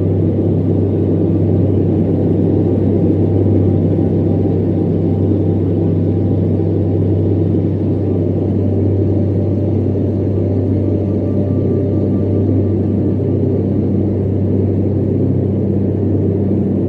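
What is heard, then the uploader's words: Soothing fan noise runs steady and unbroken, a dense low whoosh with a deep, constant hum at its base. Soft sustained tones sit just above the hum, holding level throughout. Little reaches the upper range, so the whole sound stays dark and even. Alpha & Beta Wave Binaurals and Soothing Fan Noise.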